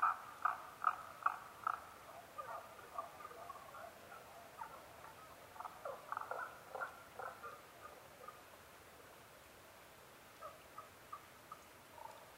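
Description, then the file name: Tago's brown frog calls: a loud opening run of croaks, then a dense stretch of notes, quieter toward the end. Recorded 15 May 2011 at 02:19. "tagogaeru-20110515-0219"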